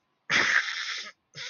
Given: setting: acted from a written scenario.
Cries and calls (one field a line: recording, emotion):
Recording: vocal sound without words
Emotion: shame